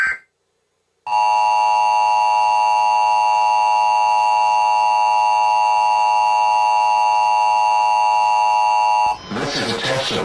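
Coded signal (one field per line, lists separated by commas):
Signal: Emergency Alert System (SAME) tones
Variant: 853 and 960 Hz attention tone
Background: speech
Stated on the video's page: Fictional recreation of an alert, not a real activation.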